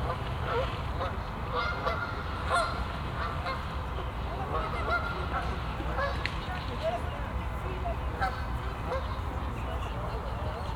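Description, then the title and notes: Goose: geese giving a busy chorus of overlapping honks, with scattered louder calls over steady low rumble. Geese on the pond of Bouchout castle, Meise botanical garden, Belgium; binaural recording. "Plantentuin, Meise, Belgique - Oies - Geese. Meise, jardin botanique. Des oies sur l'étang du chateau de Bouchout. Enregistrement binaural"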